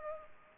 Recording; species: mosquito wingbeat signal from an infrared sensor; Culex pipiens